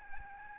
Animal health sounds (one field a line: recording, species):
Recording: mosquito wingbeat signal from an infrared sensor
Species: Aedes albopictus